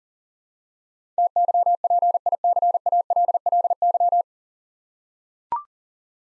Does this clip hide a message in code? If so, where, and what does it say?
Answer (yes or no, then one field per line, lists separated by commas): yes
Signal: Morse code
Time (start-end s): 1.2-4.2 s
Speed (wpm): 39 wpm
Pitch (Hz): 700 Hz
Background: none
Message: TYPICALLY